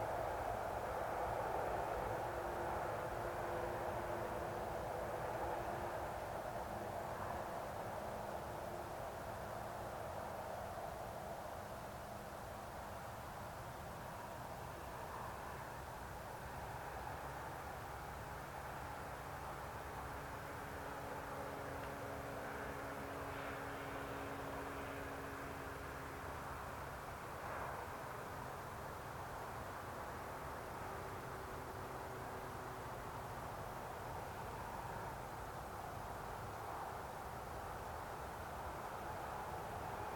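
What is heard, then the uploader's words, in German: An evening meadow with a road in the distance: a steady, dense traffic hum with a low rumble fills the whole recording. Passing vehicles add faint droning tones that swell and fade, most clearly between about 20 and 27 seconds. Wiese am Abend, leichter Wind, Straße in der Ferne.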